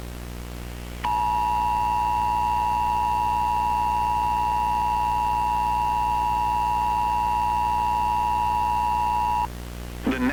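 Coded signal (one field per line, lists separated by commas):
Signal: Emergency Alert System (SAME) tones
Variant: 853 and 960 Hz attention tone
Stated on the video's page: Mock tornado warning, not a real broadcast.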